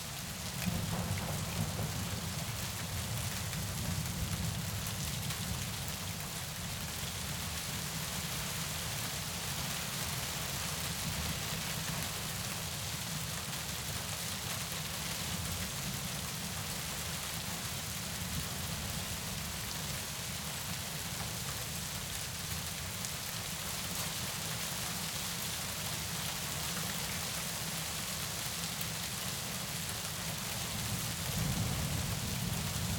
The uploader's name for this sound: Heavy Rain and Light Thunder